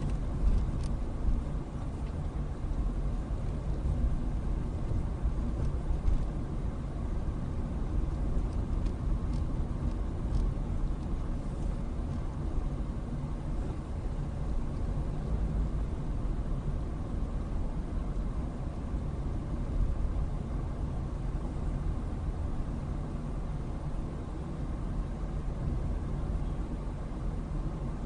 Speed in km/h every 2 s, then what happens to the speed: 15, 18, 19, 21, 21, 19, 18, 19, 21, 19, 19, 19, 18, 16.
0-5 speeds up to 21. 5-28 steady at about 19.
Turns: none.